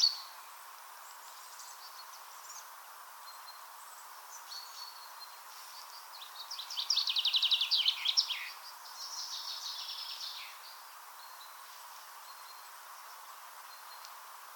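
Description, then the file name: Common chaffinch song: a few faint notes, then a loud trill of repeated notes followed by a descending flourish, over faint background hiss. "Fringilla coelebs"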